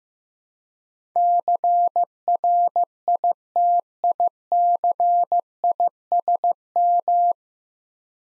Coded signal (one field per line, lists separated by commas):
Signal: Morse code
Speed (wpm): 15 wpm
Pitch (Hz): 700 Hz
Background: none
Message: CRITICISM